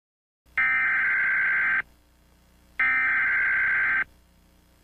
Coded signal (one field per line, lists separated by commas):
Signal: Emergency Alert System (SAME) tones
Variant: header bursts